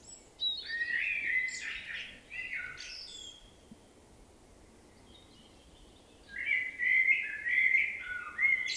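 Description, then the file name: Common blackbird song with two mellow, warbled phrases mixed with scratchy high notes, separated by a pause of about three seconds. "Turdus merula"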